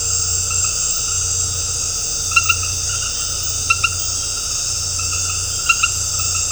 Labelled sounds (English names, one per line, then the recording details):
none
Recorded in dense forest near Puerto Asís, Putumayo, Colombia, on 13 March 2025 at 19:30
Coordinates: 0.468, -76.322
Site GP01